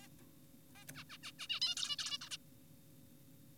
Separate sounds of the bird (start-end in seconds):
0.02-0.08, 0.76-0.84, 0.96-1.04, 1.10-1.18, 1.23-1.32, 1.39-1.47, 1.50-1.60, 1.62-1.75, 1.77-1.96, 1.99-2.18, 2.22-2.30, 2.31-2.37